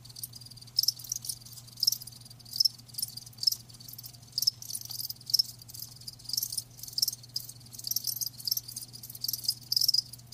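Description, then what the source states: Cricket chirps, thin and high, come in several short separate bursts over a soft continuous insect hiss and low hum. Live crickets chirping with a lulling song.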